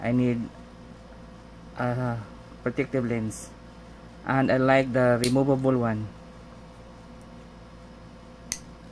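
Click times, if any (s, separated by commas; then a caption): 8.5 s. A STARTRC removable protective lens cover is pressed onto the lens of an Insta360 ONE X2 360 action camera, which needs protection when riding a motorcycle. Someone talks through the first six seconds, then after a quiet stretch the cover snaps into place with a single sharp click at 8.5 seconds.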